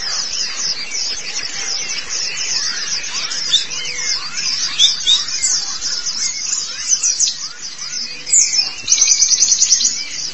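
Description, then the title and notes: White-eye twittering song, rapid high chirps running together nonstop, turning into a fast even trill near the end. Long-duration recording of the chirping song. "Kicauan Burung Pleci Durasi Panjang. Suara kicauan burung pleci"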